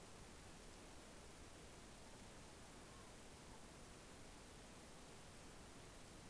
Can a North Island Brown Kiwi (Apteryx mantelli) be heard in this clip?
no